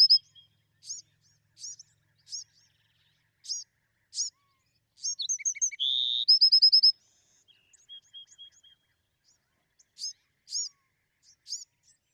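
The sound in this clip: Bewick's wren with a series of spaced sharp high notes, broken midway by one song of thin notes, a buzzy note and a fast trill.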